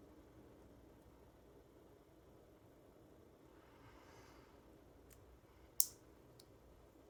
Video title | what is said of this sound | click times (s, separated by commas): Skeptic Tank vs Lego Lamborghini Part 1 | okay I think I heard a snap so that means it's on there | 5.8 s